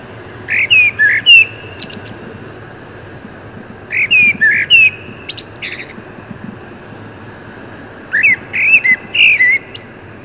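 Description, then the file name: Common blackbird calls in three bursts of short chirping, slurred notes with whistled upslurs, spaced about three to four seconds apart over a steady low background hum. "Turdus merula"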